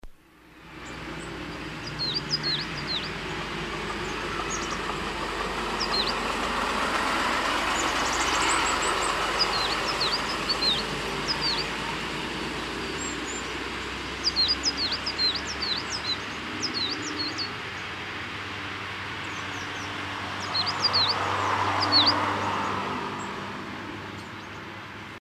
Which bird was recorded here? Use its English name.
Coal Tit